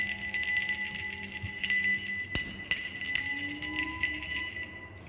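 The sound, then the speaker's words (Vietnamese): A small soul-welcoming bell jingles slowly and steadily, its high, shimmering tones lingering between a few soft, sharper clinks, with no voices. “Bấy giờ cái chuông đón hồn mới từ từ rung leng keng.”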